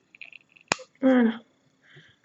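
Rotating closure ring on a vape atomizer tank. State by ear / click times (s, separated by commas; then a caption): released / 0.7 s. A metal closure ring on a SQuape X[dream] vape atomizer tank from StattQualm is turned to the open position and clicks into place at 0.7 s. The click is sharp and broadband, and a few faint ticks come just before it as the ring turns. Someone talks right after, and the ring is left open.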